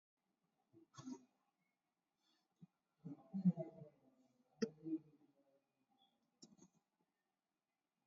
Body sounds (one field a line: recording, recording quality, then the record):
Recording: shallow breathing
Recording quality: moderate, slight background noise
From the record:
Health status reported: exposed to COVID-19, no respiratory illness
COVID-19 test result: negative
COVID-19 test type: RT-PCR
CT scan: taken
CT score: 7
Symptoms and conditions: cough, sore throat, fatigue, loss of smell and taste, diabetes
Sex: male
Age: 81 years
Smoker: no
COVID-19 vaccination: none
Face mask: worn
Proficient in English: yes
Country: India